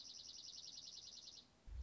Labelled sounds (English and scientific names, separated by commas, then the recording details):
Dark-eyed Junco (Junco hyemalis)
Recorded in Sonoma County, California